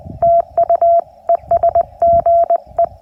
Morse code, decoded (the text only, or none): TU ES GE